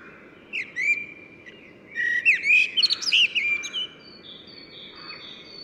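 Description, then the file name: Common blackbird song phrase: low fluted whistles near mid pitch, then a burst of squeaky high twittering, with steady low background noise throughout. "Turdus merula"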